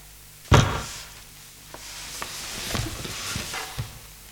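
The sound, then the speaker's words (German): A woman's body, shot in the back, falls heavily against a door with one loud, dull thud, followed by a few faint knocks and shuffling scrapes as it settles. No one speaks. “Sie fiel gegen die Tür.”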